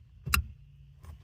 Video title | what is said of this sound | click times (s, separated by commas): How to Replace Blower Motor 2015-2020 Honda Fit | hook this back up and then plug it in you should hear a snap | 0.3 s